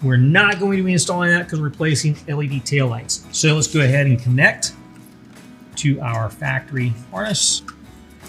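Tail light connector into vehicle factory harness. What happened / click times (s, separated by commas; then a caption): The connector is being handled but has not clicked home yet / none. Someone talks while handling the plastic wiring connector of an Oracle Series Flush Mount LED tail light, getting ready to connect it to the factory harness of a 2015 Ford F-150. It is meant to be pushed in until it snaps, but nothing has seated or clicked yet in this clip.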